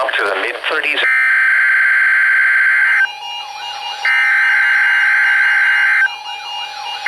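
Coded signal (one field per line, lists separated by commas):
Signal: Emergency Alert System (SAME) tones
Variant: header bursts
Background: speech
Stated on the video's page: Required Weekly Test from NOAA weather radio transmitter in Milwaukee, Wisconsin, postponed a day due to severe weather threat.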